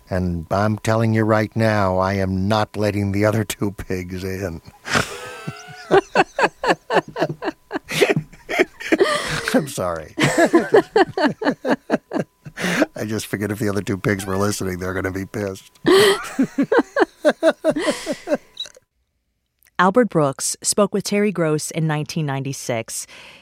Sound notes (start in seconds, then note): 4.8 laughter; 10.2 laughter; 15.8 laughter